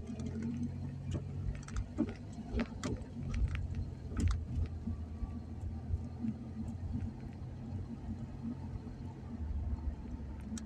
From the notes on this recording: Driving, doing dishes, a park